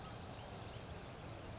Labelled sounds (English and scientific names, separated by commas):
California Towhee (Melozone crissalis)